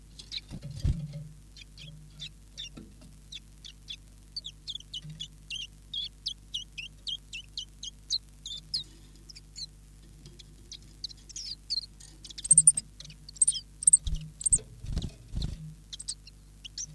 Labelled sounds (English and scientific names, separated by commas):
Common Chiffchaff (Phylloscopus collybita)